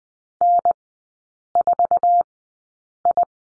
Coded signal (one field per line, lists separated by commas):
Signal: Morse code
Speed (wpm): 20 wpm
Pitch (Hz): 700 Hz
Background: none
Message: N4I